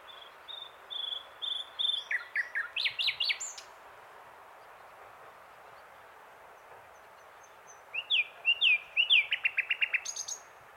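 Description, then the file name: Common nightingale song in two phrases: soft high whistles leading into loud rising sweeps, then after a pause more sweeping notes ending in a rapid rattle. "Luscinia megarhynchos"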